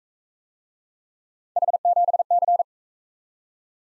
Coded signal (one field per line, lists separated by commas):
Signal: Morse code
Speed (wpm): 44 wpm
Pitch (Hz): 700 Hz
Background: none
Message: H7C